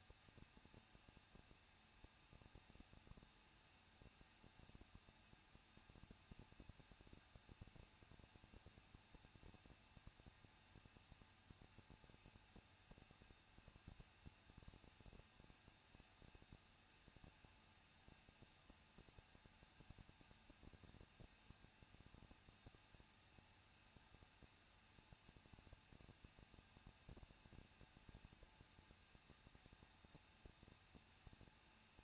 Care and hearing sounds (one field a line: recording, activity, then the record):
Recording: daily activity, microphone in the room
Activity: no activity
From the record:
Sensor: 2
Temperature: 21.0 degrees Celsius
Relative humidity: 37.3%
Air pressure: 1006.2 hPa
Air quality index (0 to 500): 221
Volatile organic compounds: 23 ppm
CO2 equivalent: 2792 ppm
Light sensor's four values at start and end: 2/3/2/2 and 2/3/2/2